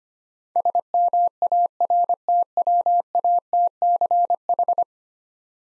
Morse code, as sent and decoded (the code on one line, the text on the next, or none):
... -- .- .-. - .-- .- - -.-. ....
SMARTWATCH